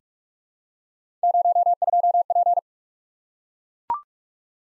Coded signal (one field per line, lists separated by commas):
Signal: Morse code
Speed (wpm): 44 wpm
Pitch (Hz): 700 Hz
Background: none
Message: 02P